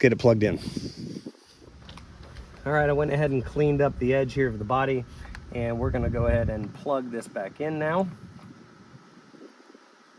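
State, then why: Not seated. Someone talks while handling the wiring harness connector at the headlight bulb socket of a 1996–2002 third-generation Toyota 4Runner headlight assembly, with a few faint handling taps around 1.9–2.4 seconds. The connector has not been plugged in yet, and nothing has seated or clicked.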